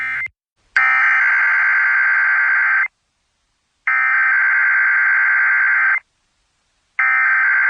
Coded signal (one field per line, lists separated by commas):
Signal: Emergency Alert System (SAME) tones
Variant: header bursts